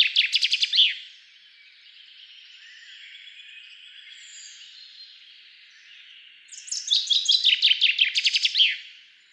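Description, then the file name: Common chaffinch song, the tail of one bright descending trill, a quiet pause, then a full rattling trill of repeated notes dropping in pitch and ending in a flourish. "Fringilla coelebs"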